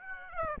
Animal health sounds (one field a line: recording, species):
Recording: mosquito wingbeat signal from an infrared sensor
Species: Aedes aegypti